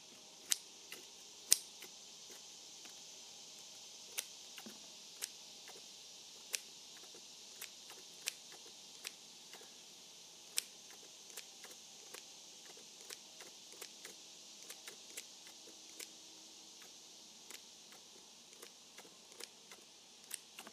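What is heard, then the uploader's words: Scissors snip repeatedly in short, sharp clicks, irregular but frequent, over a steady faint hiss, with one louder snap near the start. Cutting with Scissors.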